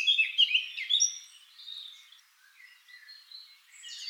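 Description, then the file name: Eurasian blackcap warbling song, a quick jumble of scratchy and sweet notes that fades after the first second and picks up again briefly at the end. "Sylvia atricapilla"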